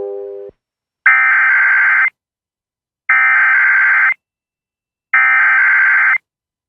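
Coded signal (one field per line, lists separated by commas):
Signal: Emergency Alert System (SAME) tones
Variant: header bursts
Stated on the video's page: Weekly test tones, using WJON products credited to another creator.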